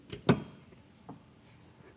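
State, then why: Seated. A removable steel Stealth Hitches hidden rack receiver is pushed up blind into its stainless steel mounting box under a low-slung 2025 Tesla Model 3. After a light knock at 0.1 s, it latches with a sharp metallic click at 0.3 s, and a faint knock follows at 1.1 s. The receiver is seated.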